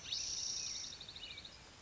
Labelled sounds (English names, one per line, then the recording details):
Spotted Towhee
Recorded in Sonoma County, California